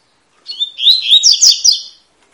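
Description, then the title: Double-collared seedeater song: one quick phrase of slurred whistles building into sharp repeated buzzy notes, about one and a half seconds long, in a quiet background. Tui-tui song style, fibra, of a bird used as a song teacher ('professor') for young birds. "COLEIRO TUI TUI FIBRA"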